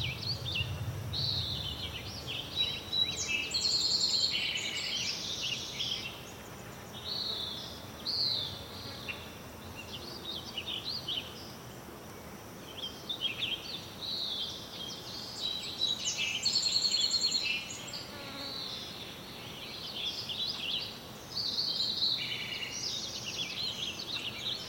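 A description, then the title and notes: A chorus of insects and small forest birds fills the mid-morning air, with dense chirps and twittering trills overlapping almost continuously, swelling around 3–5 and 15–18 seconds. A low, steady roar of a distant highway and farm machinery sits underneath throughout. A chorus of insects and small forest birds dominate this mid-morning soundscape from the Carman Valley near Calpine, California. The roar of a distant highway and agricultural equipment color the deep background. The microphones were all Sennheiser MKH-8000 series.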